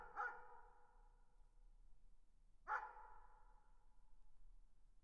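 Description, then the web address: Dog giving two sharp, clipped barks spaced roughly two and a half seconds apart, with quiet low hum between. "собаки"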